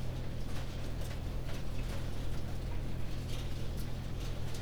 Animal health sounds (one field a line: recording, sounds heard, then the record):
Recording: poultry house recording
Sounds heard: no chicken sound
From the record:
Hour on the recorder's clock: 20